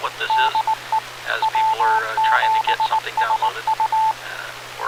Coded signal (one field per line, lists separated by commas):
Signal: Morse code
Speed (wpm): 19 wpm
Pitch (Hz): 880 Hz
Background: speech, radio noise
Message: DE W7SU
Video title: October 2020 Club Meeting (On the Air): Slow-Scan TV